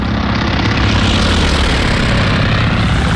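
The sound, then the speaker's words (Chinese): A Japanese propeller aircraft, returning after the first attack on Midway and searching for its aircraft carrier, flies overhead with a loud, steady, rough engine drone and a low pulsing hum that barely changes over a few seconds. No one speaks. “日军飞机在首次袭击中途岛后返航了，他们在寻找自己的航母。”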